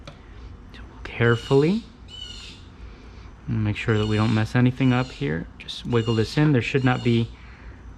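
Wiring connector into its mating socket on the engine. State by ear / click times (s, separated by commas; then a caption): not seated / none. A wiring connector on the engine of a BMW X1 M35i is carefully wiggled toward its mating socket during a JB4 tuning module install, with faint handling noises under the sound of someone talking. Nothing has seated or clicked yet by the end of the clip.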